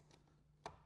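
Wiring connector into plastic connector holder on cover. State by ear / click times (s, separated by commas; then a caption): seated / 0.7 s. A small wiring connector is slid from back to front into a plastic connector holder on a cover while installing a Hertz 6-speaker A2B audio upgrade on a 2026 Road Glide Limited. A single sharp snap is heard at 0.7 s as the connector locks in place and seats.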